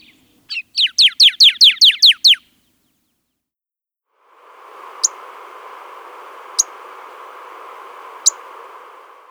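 Pyrrhuloxia giving a rapid series of several sharp, downslurred notes, followed by a steady hiss broken by three brief clicks.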